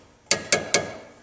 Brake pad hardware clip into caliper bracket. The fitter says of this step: pretty well locks into place like so and then the top one